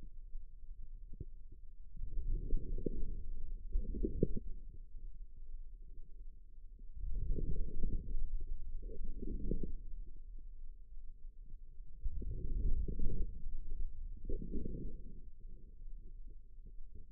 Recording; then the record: forearm muscle sounds (acoustic myography)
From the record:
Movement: outward rotation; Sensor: system 2, bracelet of six BSWA MPA416 microphones around the upper forearm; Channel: 4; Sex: female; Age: 25 years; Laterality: right